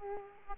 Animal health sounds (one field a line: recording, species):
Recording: mosquito wingbeat signal from an infrared sensor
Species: Aedes aegypti